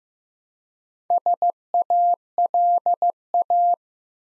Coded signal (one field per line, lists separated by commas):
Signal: Morse code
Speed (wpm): 15 wpm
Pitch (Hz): 700 Hz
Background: none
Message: SALA